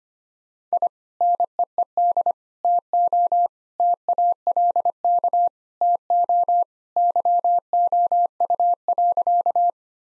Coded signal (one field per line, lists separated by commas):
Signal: Morse code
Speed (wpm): 25 wpm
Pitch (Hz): 700 Hz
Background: none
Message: I NEED TO TALK TO YOU.